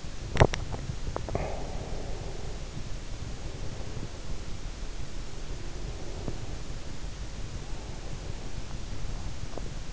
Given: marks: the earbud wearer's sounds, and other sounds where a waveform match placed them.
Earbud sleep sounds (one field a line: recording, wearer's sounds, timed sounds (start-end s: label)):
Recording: sounds in sleep by an in-ear microphone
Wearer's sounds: teeth grinding, breath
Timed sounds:
0.00-0.98 s: teeth grinding
1.05-2.29 s: breath